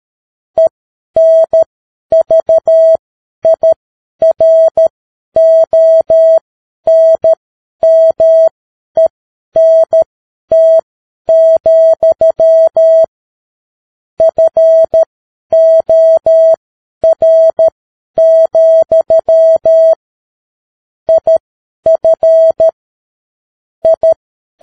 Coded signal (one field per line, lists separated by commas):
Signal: Morse code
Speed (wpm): 13 wpm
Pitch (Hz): 650 Hz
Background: none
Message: ENVIRONMENT, FOR, IF I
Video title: Morse Code 10 WPM: The Science of Getting Rich - Chapter 2